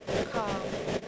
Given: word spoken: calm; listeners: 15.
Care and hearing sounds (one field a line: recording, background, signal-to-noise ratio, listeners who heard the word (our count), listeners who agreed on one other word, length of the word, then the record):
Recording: one English word in noise, from a listening test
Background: noise modulated by three-talker babble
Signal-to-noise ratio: -3.4 dB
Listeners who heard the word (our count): 5 of 15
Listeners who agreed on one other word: 9 of 15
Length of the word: 0.68 s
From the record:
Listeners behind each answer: 9, 5, 1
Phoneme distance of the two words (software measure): 7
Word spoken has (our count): 1 syllable, 3 phonemes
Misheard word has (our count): 1 syllable, 2 phonemes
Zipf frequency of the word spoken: 4.72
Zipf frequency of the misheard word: 5.44